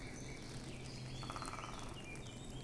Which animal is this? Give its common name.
Eurasian Blackcap